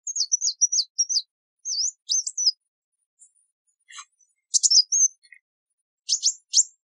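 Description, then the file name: Sunbird calls: a fast run of high, looping chirps, then short twisted notes and bursts of sharp double chips, with brief quiet gaps. "Tieng chim hut mat"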